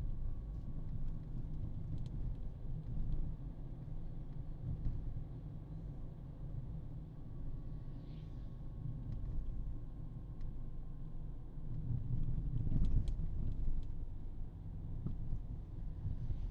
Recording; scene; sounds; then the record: everyday scene through a hearing-aid microphone; in a vehicle; engine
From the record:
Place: Berlingo II, diesel engine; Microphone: in the ear canal, right